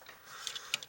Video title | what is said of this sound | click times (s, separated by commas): MG NT-1 Gundam Alex Review | on like that you can hear a click and it will stay there firm connection won't fall off | 0.7 s